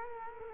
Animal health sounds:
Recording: mosquito wingbeat signal from an infrared sensor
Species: Culex quinquefasciatus

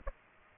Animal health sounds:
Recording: mosquito wingbeat signal from an infrared sensor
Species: Aedes aegypti

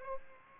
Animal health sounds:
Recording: mosquito wingbeat signal from an infrared sensor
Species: Aedes aegypti

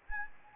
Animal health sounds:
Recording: mosquito wingbeat signal from an infrared sensor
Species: Anopheles gambiae

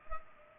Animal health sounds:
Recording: mosquito wingbeat signal from an infrared sensor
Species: Culex pipiens

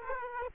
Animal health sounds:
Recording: mosquito wingbeat signal from an infrared sensor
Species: Aedes aegypti

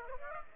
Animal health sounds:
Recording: mosquito wingbeat signal from an infrared sensor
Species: Aedes aegypti

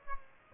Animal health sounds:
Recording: mosquito wingbeat signal from an infrared sensor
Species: Aedes aegypti

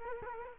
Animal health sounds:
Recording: mosquito wingbeat signal from an infrared sensor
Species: Culex quinquefasciatus

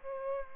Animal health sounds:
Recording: mosquito wingbeat signal from an infrared sensor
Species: Aedes aegypti

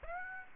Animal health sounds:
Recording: mosquito wingbeat signal from an infrared sensor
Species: Aedes aegypti

